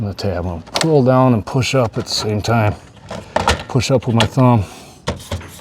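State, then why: Seated. A vinyl siding panel is pulled down and pushed up with the thumb into the lock of the panel below while someone talks. A sharp click at 5.1 s marks the panel locking into place, followed by a couple of softer ticks.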